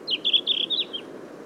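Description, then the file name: Red-flanked bluetail singing one brief, clear phrase of slurred, descending whistled notes lasting about a second, with faint low background rumble. "Tarsiger cyanurus song"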